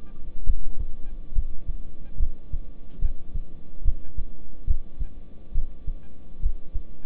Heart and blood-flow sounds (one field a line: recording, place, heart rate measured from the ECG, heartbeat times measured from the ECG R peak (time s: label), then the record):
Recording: heart sounds by stethoscope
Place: between the tricuspid and mitral areas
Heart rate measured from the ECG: 70 bpm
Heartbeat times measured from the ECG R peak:
0.44 s: heartbeat
1.33 s: heartbeat
2.17 s: heartbeat
3.00 s: heartbeat
3.83 s: heartbeat
4.65 s: heartbeat
5.53 s: heartbeat
6.40 s: heartbeat
From the record:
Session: rest, lying down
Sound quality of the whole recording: good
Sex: male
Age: 26 years